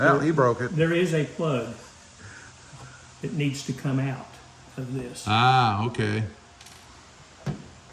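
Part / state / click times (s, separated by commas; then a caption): wiper arm washer hose/wiring plug into vehicle connector / not seated / none. Someone talks while handling the wiring plug for a new Mopar Performance spraying wiper arm on a Jeep Gladiator, getting ready to push it into its mating connector on the vehicle. Two brief, sharp handling sounds come at about 6.6 s and 7.5 s. Nothing has seated or clicked yet.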